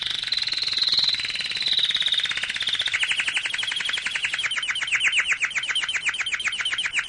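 Canary song: a high warbling phrase, then a long run of fast rolled trill notes.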